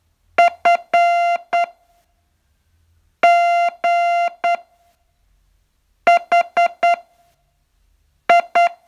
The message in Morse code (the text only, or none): F G H I